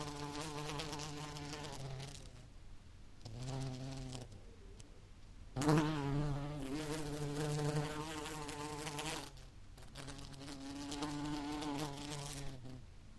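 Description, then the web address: Bee flight buzz that comes and goes, the droning hum breaking off several times and returning, with one louder burst. "el agradable sonido del vuelo de una abeja"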